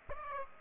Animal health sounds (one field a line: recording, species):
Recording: mosquito wingbeat signal from an infrared sensor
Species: Aedes aegypti